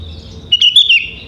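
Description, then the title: Sooty-headed bulbul song, a single brief, liquid warbled phrase that wavers up and down. "Kutilang"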